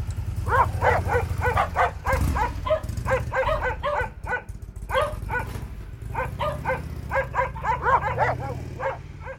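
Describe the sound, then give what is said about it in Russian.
A chorus of many dogs barking at once in a sleeping village at night, their overlapping, yapping barks rising and falling continuously over a low steady rumble, with no pauses throughout. “оглашая спящий поселок отчаянным лаем, и все собаки на улице Зеленой и в окрестностях откликнулись дружным хором.”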